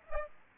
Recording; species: mosquito wingbeat signal from an infrared sensor; Aedes aegypti